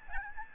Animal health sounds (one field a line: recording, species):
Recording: mosquito wingbeat signal from an infrared sensor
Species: Aedes albopictus